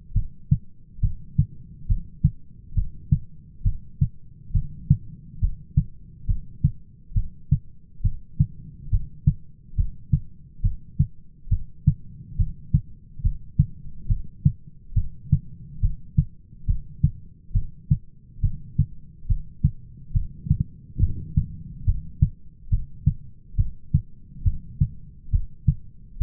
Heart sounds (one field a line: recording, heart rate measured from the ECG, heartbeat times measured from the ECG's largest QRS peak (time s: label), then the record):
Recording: heart sounds by stethoscope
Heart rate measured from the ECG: 69 bpm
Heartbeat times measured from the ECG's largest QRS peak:
0.15 s: heartbeat
1.03 s: heartbeat
1.89 s: heartbeat
2.76 s: heartbeat
3.65 s: heartbeat
4.54 s: heartbeat
5.42 s: heartbeat
6.28 s: heartbeat
7.16 s: heartbeat
8.04 s: heartbeat
8.92 s: heartbeat
9.78 s: heartbeat
10.64 s: heartbeat
11.51 s: heartbeat
12.39 s: heartbeat
13.24 s: heartbeat
14.09 s: heartbeat
14.96 s: heartbeat
15.82 s: heartbeat
16.68 s: heartbeat
17.55 s: heartbeat
18.43 s: heartbeat
19.29 s: heartbeat
20.15 s: heartbeat
21.01 s: heartbeat
21.87 s: heartbeat
22.71 s: heartbeat
23.58 s: heartbeat
24.45 s: heartbeat
25.33 s: heartbeat
26.20 s: heartbeat
From the record:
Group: heart failure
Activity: rest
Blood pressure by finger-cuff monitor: 115/89 mmHg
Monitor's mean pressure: 99 mmHg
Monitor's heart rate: 69 bpm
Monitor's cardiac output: 5.8 L/min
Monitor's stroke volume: 85 mL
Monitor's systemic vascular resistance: 1250 dyn s/cm5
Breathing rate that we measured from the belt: 18 breaths a minute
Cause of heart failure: idiopathic cardiomyopathy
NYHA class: 1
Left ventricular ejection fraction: 50%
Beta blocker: bisoprolol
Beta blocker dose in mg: 5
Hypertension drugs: candesartan, spironolactone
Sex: male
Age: 54 years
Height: 180 cm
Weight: 94.6 kg